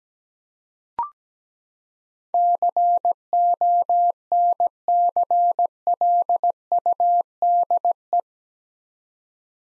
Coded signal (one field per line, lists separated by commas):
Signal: Morse code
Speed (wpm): 17 wpm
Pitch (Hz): 700 Hz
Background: none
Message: CONCLUDE